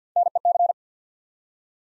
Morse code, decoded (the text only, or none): NEC